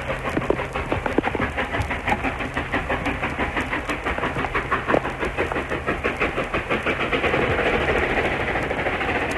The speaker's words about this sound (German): So, dann lassen wir hinten ein bisschen die Lokgeräusche spazieren gehen